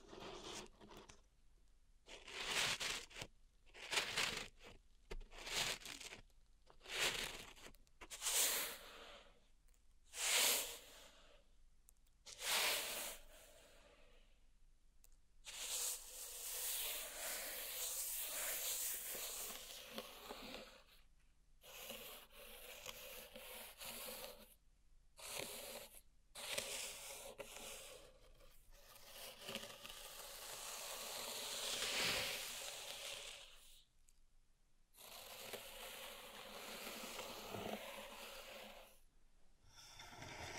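Pink salt in a zen garden is raked and rubbed in short gritty strokes, then longer scraping sweeps after fifteen seconds, with brief pauses between.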